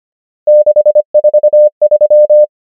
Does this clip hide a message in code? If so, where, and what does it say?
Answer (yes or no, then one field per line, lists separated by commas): yes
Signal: Morse code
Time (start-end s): 0.5-2.4 s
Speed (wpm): 25 wpm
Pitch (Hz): 600 Hz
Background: none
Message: 6 4 3